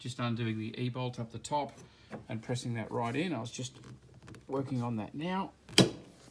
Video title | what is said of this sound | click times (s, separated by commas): Pt2 BMW Replacing Rocker Cover gasket N46 Engine 20i 120i 318i 320i 520i Change Tappet 1 3 5 series | there you go hear that click and come into position so that circle | 5.8 s